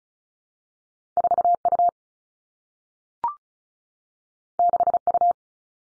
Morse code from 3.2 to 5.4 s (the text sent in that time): 6 U